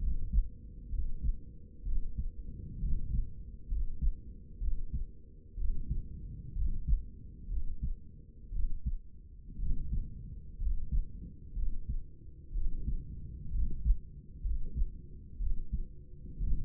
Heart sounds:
heart sounds by stethoscope; 62 bpm
0.03 s: heartbeat
0.93 s: heartbeat
1.86 s: heartbeat
2.82 s: heartbeat
3.71 s: heartbeat
4.62 s: heartbeat
5.59 s: heartbeat
6.57 s: heartbeat
7.51 s: heartbeat
8.54 s: heartbeat
9.60 s: heartbeat
10.61 s: heartbeat
11.57 s: heartbeat
12.55 s: heartbeat
13.54 s: heartbeat
14.45 s: heartbeat
15.41 s: heartbeat
16.42 s: heartbeat
From the record:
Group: healthy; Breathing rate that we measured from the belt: 18 breaths a minute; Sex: male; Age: 30 years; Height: 188 cm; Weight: 110.2 kg

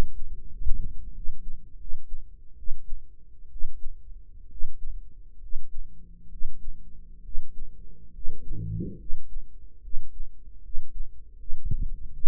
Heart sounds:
heart sounds by microphone in the right ear; 72 bpm
0.48 s: heartbeat
1.12 s: heartbeat
1.77 s: heartbeat
2.56 s: heartbeat
3.49 s: heartbeat
4.48 s: heartbeat
5.39 s: heartbeat
6.28 s: heartbeat
7.21 s: heartbeat
8.11 s: heartbeat
8.96 s: heartbeat
9.80 s: heartbeat
10.61 s: heartbeat
11.36 s: heartbeat
12.11 s: heartbeat
From the record:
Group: healthy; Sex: male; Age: 21 years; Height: 170 cm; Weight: 71 kg

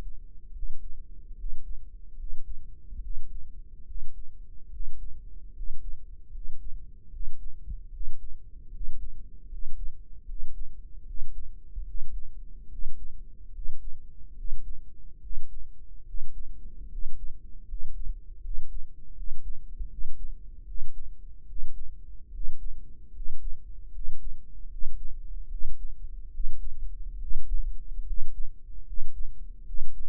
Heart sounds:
heart sounds by microphone in the right ear; 74 bpm
0.51 s: heartbeat
1.34 s: heartbeat
2.15 s: heartbeat
2.99 s: heartbeat
3.84 s: heartbeat
4.69 s: heartbeat
5.52 s: heartbeat
6.30 s: heartbeat
7.08 s: heartbeat
7.89 s: heartbeat
8.69 s: heartbeat
9.47 s: heartbeat
10.24 s: heartbeat
11.03 s: heartbeat
11.83 s: heartbeat
12.67 s: heartbeat
13.50 s: heartbeat
14.33 s: heartbeat
15.19 s: heartbeat
16.03 s: heartbeat
16.87 s: heartbeat
17.64 s: heartbeat
18.39 s: heartbeat
19.13 s: heartbeat
19.87 s: heartbeat
20.63 s: heartbeat
21.45 s: heartbeat
22.29 s: heartbeat
23.10 s: heartbeat
23.90 s: heartbeat
24.67 s: heartbeat
25.47 s: heartbeat
26.29 s: heartbeat
27.17 s: heartbeat
28.03 s: heartbeat
28.83 s: heartbeat
29.63 s: heartbeat
From the record:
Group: healthy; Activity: cold pressor test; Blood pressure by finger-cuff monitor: 117/78 mmHg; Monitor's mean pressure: 87 mmHg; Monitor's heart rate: 74 bpm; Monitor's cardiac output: 6.6 L/min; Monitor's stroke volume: 89 mL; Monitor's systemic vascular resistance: 960 dyn s/cm5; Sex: male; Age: 23 years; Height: 178 cm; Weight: 96.6 kg

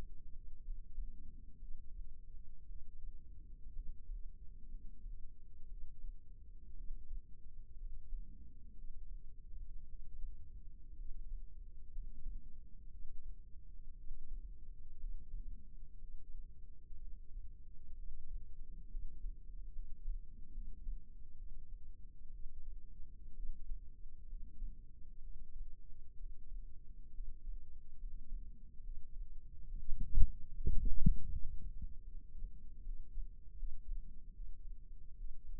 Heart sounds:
heart sounds by microphone in the left ear; 64 bpm
0.64 s: heartbeat
1.60 s: heartbeat
2.67 s: heartbeat
3.75 s: heartbeat
4.70 s: heartbeat
5.69 s: heartbeat
6.76 s: heartbeat
7.78 s: heartbeat
8.76 s: heartbeat
9.87 s: heartbeat
10.97 s: heartbeat
11.92 s: heartbeat
12.91 s: heartbeat
13.96 s: heartbeat
15.00 s: heartbeat
16.00 s: heartbeat
16.99 s: heartbeat
17.97 s: heartbeat
18.90 s: heartbeat
19.74 s: heartbeat
20.53 s: heartbeat
21.38 s: heartbeat
22.32 s: heartbeat
23.36 s: heartbeat
24.28 s: heartbeat
25.22 s: heartbeat
26.18 s: heartbeat
27.14 s: heartbeat
27.99 s: heartbeat
28.83 s: heartbeat
29.68 s: heartbeat
30.52 s: heartbeat
31.32 s: heartbeat
32.08 s: heartbeat
32.84 s: heartbeat
33.58 s: heartbeat
34.35 s: heartbeat
35.17 s: heartbeat
From the record:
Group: healthy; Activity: rest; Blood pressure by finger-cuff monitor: 93/55 mmHg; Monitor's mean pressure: 66 mmHg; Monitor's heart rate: 62 bpm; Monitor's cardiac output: 5.6 L/min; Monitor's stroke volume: 90 mL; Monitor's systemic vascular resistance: 840 dyn s/cm5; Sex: male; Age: 22 years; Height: 181 cm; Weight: 79 kg

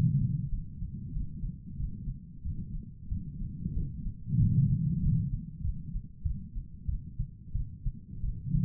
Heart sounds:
heart sounds by stethoscope; 93 bpm
0.50 s: heartbeat
1.13 s: heartbeat
1.78 s: heartbeat
2.44 s: heartbeat
3.10 s: heartbeat
3.74 s: heartbeat
4.38 s: heartbeat
5.01 s: heartbeat
5.62 s: heartbeat
6.23 s: heartbeat
6.87 s: heartbeat
7.53 s: heartbeat
8.22 s: heartbeat
From the record:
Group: healthy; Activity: rest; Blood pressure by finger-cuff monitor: 117/79 mmHg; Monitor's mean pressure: 94 mmHg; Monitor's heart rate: 94 bpm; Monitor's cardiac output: 6 L/min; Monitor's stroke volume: 63 mL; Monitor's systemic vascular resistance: 1130 dyn s/cm5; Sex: female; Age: 51 years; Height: 162 cm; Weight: 70.04 kg

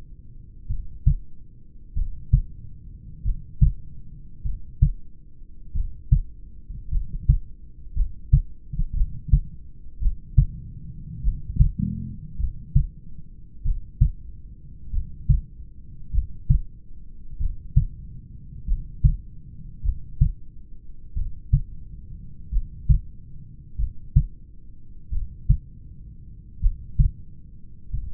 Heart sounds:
heart sounds by stethoscope; 48 bpm
0.72 s: heartbeat
1.98 s: heartbeat
3.27 s: heartbeat
4.47 s: heartbeat
5.77 s: heartbeat
6.94 s: heartbeat
7.98 s: heartbeat
8.98 s: heartbeat
10.04 s: heartbeat
11.26 s: heartbeat
12.41 s: heartbeat
13.67 s: heartbeat
14.95 s: heartbeat
16.16 s: heartbeat
17.42 s: heartbeat
18.70 s: heartbeat
19.86 s: heartbeat
21.19 s: heartbeat
22.55 s: heartbeat
23.81 s: heartbeat
25.14 s: heartbeat
26.64 s: heartbeat
27.96 s: heartbeat
From the record:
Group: heart failure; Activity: rest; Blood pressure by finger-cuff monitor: 119/69 mmHg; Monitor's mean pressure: 81 mmHg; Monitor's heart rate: 48 bpm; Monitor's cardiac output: 5 L/min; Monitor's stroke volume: 100 mL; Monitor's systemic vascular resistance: 1190 dyn s/cm5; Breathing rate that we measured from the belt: 16 breaths a minute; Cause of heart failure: familial cardiomyopathy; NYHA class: 1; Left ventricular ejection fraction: 49%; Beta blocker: bisoprolol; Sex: male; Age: 31 years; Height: 194 cm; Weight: 96 kg

